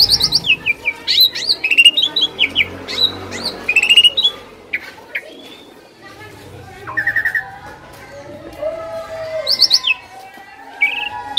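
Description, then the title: Asian pied starling song in scattered bursts of high slurred whistles and chirps, with a low background hum and quieter gaps between phrases. Training audio used to prompt birds that sing too little or seem sluggish into singing more. "Masteran Jalak Suren Atasi Burung KURANG GACOR Dan LOYO"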